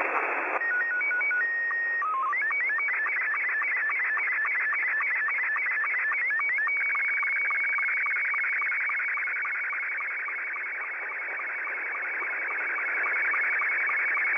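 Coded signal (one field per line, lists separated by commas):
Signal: SSTV (slow-scan television)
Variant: Scottie 2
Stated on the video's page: SSTV on 14.230 MHz received from far away using a WebSDR as receiver.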